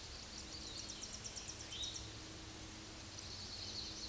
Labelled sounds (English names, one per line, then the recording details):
Black-and-white Warbler song
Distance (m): 20 m
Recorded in a Pennsylvania forest on 19 May 2023 at 10:32
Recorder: AudioMoth, point grid1_20_low
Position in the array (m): 70 m, 209 m